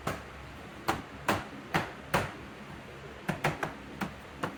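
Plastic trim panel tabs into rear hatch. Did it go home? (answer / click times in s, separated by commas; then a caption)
yes / 0.9 s, 1.3 s, 1.8 s, 2.1 s, 3.5 s. A plastic trim panel on the rear hatch of a 2016-2022 Mercedes-Benz GLC (X253) is pressed in until its tabs lock, giving a quick run of short, sharp snaps. Clicks are heard at 0.9, 1.3, 1.8, 2.1 and 3.5 seconds, with a few softer taps between them. All the tabs end up locked into place.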